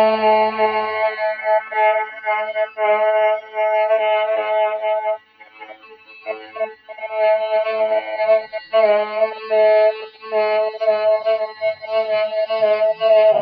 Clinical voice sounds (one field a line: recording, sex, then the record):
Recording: sustained vowel /e/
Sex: female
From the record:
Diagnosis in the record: Parkinson's disease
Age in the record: 63 years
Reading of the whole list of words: 61 s, 4.6 characters per second